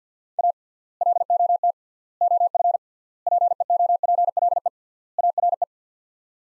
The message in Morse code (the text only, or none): A LOT OF PEOPLE ARE